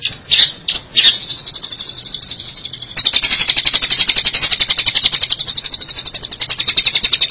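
Long-tailed Shrike song, opening with sharp whistled and chipped notes, then a long, steady, buzzy high trill running to the end.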